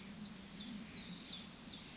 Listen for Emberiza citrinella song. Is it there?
no